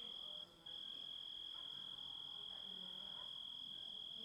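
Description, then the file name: Thin, steady grasshopper whine, cut off briefly near the start and then holding evenly to the close. Composite of grasshopper sounds. "engisprettur samsett hljo rit"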